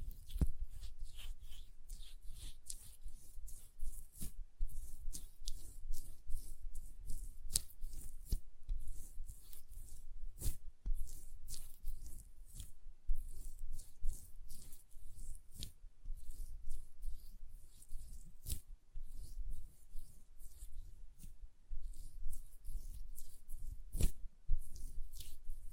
ASMR Hand Sounds, Nail Tapping and Lotion Sounds